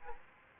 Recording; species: mosquito wingbeat signal from an infrared sensor; Aedes aegypti